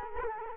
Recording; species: mosquito wingbeat signal from an infrared sensor; Culex quinquefasciatus